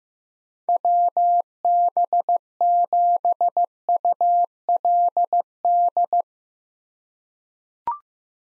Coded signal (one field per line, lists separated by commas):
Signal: Morse code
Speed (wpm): 15 wpm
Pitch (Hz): 700 Hz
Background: none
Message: WB7ULD